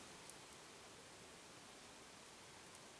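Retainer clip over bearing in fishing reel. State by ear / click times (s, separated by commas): not seated / none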